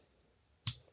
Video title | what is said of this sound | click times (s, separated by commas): Detroit Diesel MCM/ACM Module Harness Repair kits #freightliner | you you push up until you hear it click. | 0.7 s